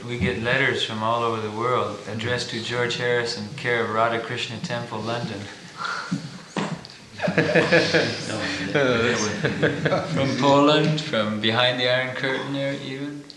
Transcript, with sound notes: We get letters from all over the world addressed to George Harrison care of Rādhā-Kṛṣṇa Temple, London. [laughter] From Poland, from behind the Iron Curtain even.